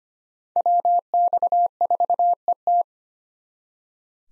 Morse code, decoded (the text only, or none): WX4ET